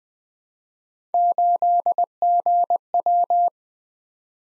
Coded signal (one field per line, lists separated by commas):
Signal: Morse code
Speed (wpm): 20 wpm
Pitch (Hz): 700 Hz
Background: none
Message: 8GW